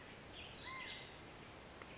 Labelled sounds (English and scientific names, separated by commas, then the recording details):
California Towhee (Melozone crissalis)
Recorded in Sonoma County, California